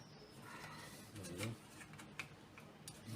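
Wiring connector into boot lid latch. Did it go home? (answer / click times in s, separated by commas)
no / none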